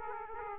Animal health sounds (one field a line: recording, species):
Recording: mosquito wingbeat signal from an infrared sensor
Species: Aedes aegypti